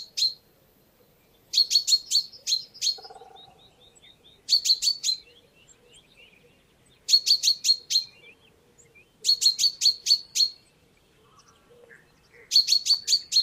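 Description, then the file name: Common chaffinch giving bright, clipped chirps grouped in rapid bursts of about five, the bursts repeated several times, with a quiet background. "Fringilla coelebs"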